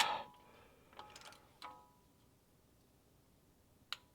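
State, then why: Torque reached. A torque wrench tightens a valve cover bolt, with a loud sound at the very start and a few faint metallic ticks around 1.0 to 1.6 s. The wrench gives a sharp, short click at 3.9 s, confirming the bolt has reached its torque setting.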